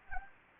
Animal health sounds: mosquito wingbeat signal from an infrared sensor; Anopheles gambiae

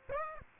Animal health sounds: mosquito wingbeat signal from an infrared sensor; Aedes aegypti

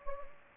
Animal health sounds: mosquito wingbeat signal from an infrared sensor; Anopheles gambiae

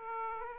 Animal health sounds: mosquito wingbeat signal from an infrared sensor; Aedes aegypti

